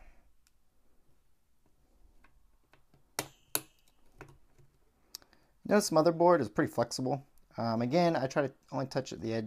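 The last plastic push pin of an Intel CPU heatsink is pressed into its motherboard mounting hole, giving two sharp clicks at 3.2 s and 3.6 s and a few faint ticks after. The pin is seated, and then someone talks.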